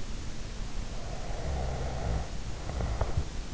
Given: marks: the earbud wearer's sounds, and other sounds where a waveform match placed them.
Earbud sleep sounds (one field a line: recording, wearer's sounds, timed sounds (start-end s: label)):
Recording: sounds in sleep by an in-ear microphone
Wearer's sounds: snoring breath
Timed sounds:
1.04-3.39 s: snoring breath